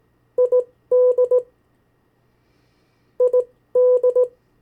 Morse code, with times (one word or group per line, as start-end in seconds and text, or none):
0.4-1.4 ID
3.2-4.2 ID